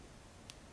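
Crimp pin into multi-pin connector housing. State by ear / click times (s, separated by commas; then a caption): seated / 0.5 s. A crimped metal pin is pushed into its hole in a plastic 12-pin audio connector housing. A single short, sharp click sounds at 0.5 s over a faint background hiss as the pin seats and locks in place.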